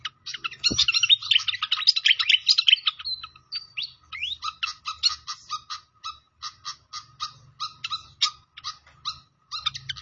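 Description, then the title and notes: Pied fantail song opens with a dense, scratchy jumble of notes, then settles into a series of crisp chips. Masteran training recording of clear-voiced singing, mixed with the sound of flowing water. "Masteran Sikatan Kipas Suara Jernih Dan Suara Gemericik Air. Suara Burung Sikatan Londo"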